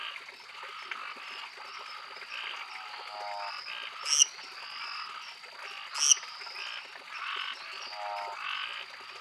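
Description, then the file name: Lesser treefrog calls: two sharp, high, creaky notes about two seconds apart over a dense, steady background chorus with a constant high whine. "Dendropsophus minutus"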